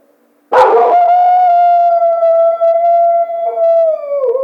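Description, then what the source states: Coyote howl, a single long steady note held for about four seconds after a sharp onset, sliding slightly downward at the end. Howl; recorded 2010-02-01.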